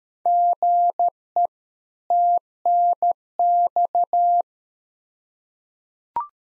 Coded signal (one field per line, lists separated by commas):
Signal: Morse code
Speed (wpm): 13 wpm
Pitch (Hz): 700 Hz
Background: none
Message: GE TNX